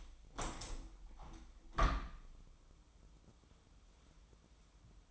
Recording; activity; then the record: daily activity, microphone in the room; open window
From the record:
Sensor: 1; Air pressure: 1006.6 hPa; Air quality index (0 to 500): 207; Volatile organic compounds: 23 ppm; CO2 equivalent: 2778 ppm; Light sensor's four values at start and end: 11/30/11/13 and 12/31/12/14